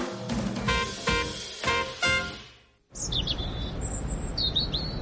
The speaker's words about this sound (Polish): Ptaszki ćwierkają, że idzie wiosna, ale czy to już?